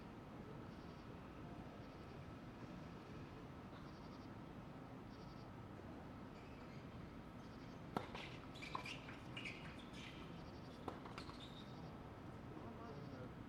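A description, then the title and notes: Night-time outdoor scene with a steady low rumble underneath, like a train passing, and a regular high chirping of crickets. From about 8 to 12 seconds a cluster of sharp knocks and brief bright sounds cuts through, with two distinct clicks near 8 and 11 seconds. Night time tennis match. Late at night there's a tennis match.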